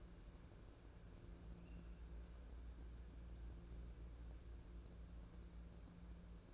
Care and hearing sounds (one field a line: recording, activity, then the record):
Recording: daily activity, microphone in the room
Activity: wipe stove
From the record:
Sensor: 2